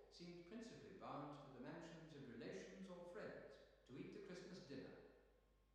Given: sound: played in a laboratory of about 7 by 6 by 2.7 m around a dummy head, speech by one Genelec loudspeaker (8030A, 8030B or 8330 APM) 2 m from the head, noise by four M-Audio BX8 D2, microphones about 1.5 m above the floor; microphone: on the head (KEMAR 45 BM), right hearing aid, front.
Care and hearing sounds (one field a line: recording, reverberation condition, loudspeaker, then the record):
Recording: male speech in English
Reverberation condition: high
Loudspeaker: behind (180 degrees)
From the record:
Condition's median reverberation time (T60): about 1300 ms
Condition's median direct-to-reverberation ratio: about -4.0 dB